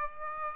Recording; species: mosquito wingbeat signal from an infrared sensor; Aedes aegypti